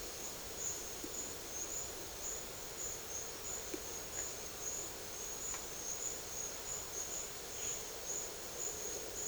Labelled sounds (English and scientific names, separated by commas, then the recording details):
none
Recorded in secondary vegetation near Puerto Asís, Putumayo, Colombia, on 8 March 2025 at 13:00
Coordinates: 0.488, -76.319
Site G095